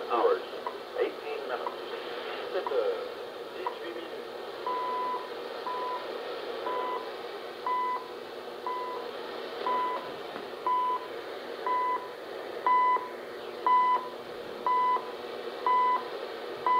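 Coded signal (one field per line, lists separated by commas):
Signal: radio time signal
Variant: CHU Canada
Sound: short 1 kHz beeps about a third of a second long, once every second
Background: radio static, faint voice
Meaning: Each short pulse marks one second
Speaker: reception of chu canada here let me turn that down this is chu canada it is a canadian time station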